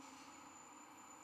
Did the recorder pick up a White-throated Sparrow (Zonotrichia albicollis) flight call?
no